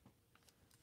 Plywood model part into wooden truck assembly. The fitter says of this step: yeah that's uh I don't get a click sound but whoa I